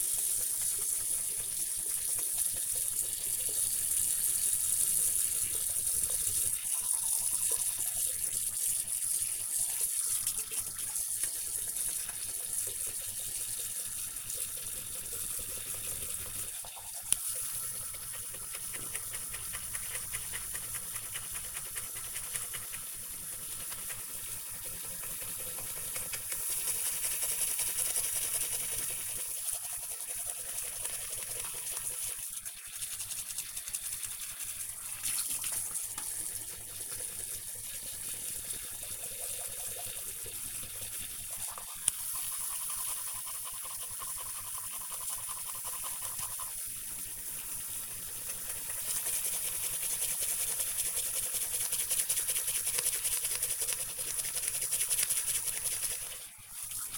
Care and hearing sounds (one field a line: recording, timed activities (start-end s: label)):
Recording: household activities, microphone on the right wrist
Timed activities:
0.00-56.97 s: brushing teeth